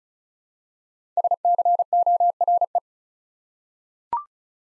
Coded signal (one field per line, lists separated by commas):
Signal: Morse code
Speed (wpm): 36 wpm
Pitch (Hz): 700 Hz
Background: none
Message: SCORE